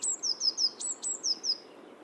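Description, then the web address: Bird giving a quick series of high, thin descending notes, about eight in two seconds, over faint low background noise. "Deverinetal 2025 File origin Bird Only Cy Ca"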